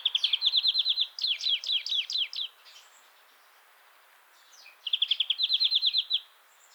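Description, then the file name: European greenfinch giving fast trills and a series of downslurred notes, in two bursts separated by a pause. "Chloris chloris"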